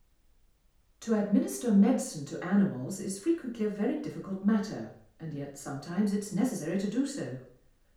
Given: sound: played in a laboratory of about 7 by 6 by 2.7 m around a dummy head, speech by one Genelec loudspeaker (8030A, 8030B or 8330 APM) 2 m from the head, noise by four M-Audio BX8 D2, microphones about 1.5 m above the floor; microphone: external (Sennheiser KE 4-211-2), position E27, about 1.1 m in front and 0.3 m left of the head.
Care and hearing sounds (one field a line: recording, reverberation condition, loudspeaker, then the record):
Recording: female speech in English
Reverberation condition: medium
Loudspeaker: 120 degrees to the right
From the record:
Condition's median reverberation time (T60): about 510 ms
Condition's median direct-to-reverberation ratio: about -0.5 dB